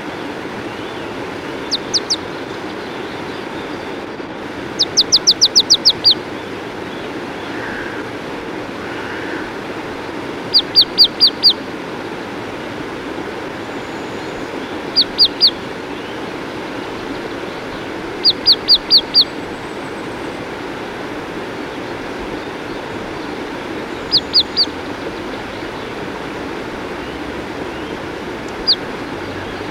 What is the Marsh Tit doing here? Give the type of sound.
song